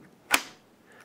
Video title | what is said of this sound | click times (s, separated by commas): Review: Serpa CQC Level II Holster by Blackhawk | so I'm sliding this down in place you'll hear it click | 0.3 s